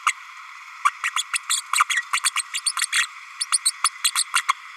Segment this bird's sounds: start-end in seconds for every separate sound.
0.06-0.12, 0.85-0.90, 1.03-1.10, 1.16-1.23, 1.33-1.38, 1.49-1.61, 1.73-1.85, 1.89-2.02, 2.13-2.20, 2.23-2.31, 2.36-2.44, 2.53-2.60, 2.66-2.72, 2.81-2.86, 2.92-3.06, 3.40-3.46, 3.52-3.59, 3.65-3.72, 3.84-3.89, 4.04-4.11, 4.15-4.23, 4.35-4.42, 4.48-4.54